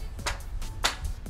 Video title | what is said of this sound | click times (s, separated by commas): Best Mortar Mixer Ever? Ridgid Dual Paddle Review | spin it until it clicks there go click alright | 0.9 s